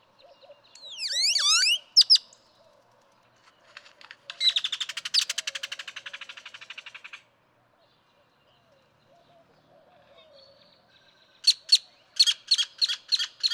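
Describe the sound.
Great-tailed grackle song: loud downward-sweeping whistles, then a long rapid rattle, and finally a series of harsh, evenly spaced clacks.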